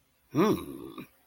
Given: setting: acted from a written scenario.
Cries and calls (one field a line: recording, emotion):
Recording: vocal sound without words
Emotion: confusion